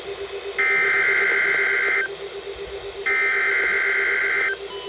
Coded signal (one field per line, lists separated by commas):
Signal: Emergency Alert System (SAME) tones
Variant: header bursts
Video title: EAS #3249-3251 Special Marine Warning